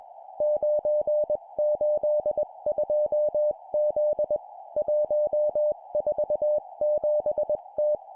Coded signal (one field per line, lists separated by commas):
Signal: Morse code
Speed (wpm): 21 wpm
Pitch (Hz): 600 Hz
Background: music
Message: 982Z 147T